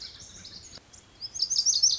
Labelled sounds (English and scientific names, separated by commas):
Lazuli Bunting (Passerina amoena)